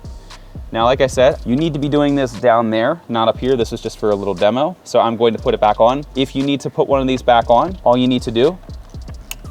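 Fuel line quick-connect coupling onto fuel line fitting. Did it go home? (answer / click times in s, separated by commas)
yes / 9.3 s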